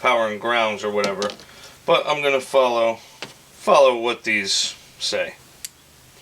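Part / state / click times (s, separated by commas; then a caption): crimped terminal into fuel injector harness connector / seated / 5.7 s. Someone talks while a freshly crimped wire terminal with its weather seal is pushed into a plastic fuel injector harness connector housing. A short, sharp click at 5.6 s marks the terminal locking into the connector, and it is seated.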